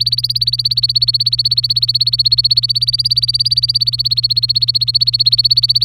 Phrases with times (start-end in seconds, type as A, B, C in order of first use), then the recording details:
0.00-5.84 A. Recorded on 24 April 2018 at 10:50. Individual llb3